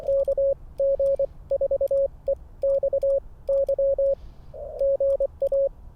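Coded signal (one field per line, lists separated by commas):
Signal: Morse code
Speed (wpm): 24 wpm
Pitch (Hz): 550 Hz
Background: radio noise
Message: KG4EXY GA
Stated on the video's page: QRP Parks on the Air activation at 5 watts transmit power, with technical challenges.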